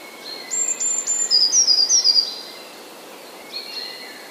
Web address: wroblowe teka spiew. modraszkoteka